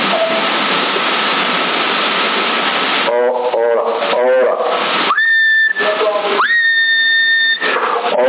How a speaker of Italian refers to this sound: Ora, adesso tutti i watt della radio ho scala a 50, mi sta segnando ora 20 watt, quando fischio invece va a 40 watt.